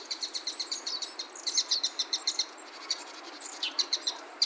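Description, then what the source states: Wild bird chirps, high and thin, come in a busy, nearly continuous stream with louder notes mid-way. Soft background hiss runs throughout. Wild bird recorded 7 October 2021 at Noda, by the east edge of Noda school.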